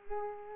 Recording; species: mosquito wingbeat signal from an infrared sensor; Culex pipiens